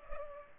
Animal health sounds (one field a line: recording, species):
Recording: mosquito wingbeat signal from an infrared sensor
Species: Culex pipiens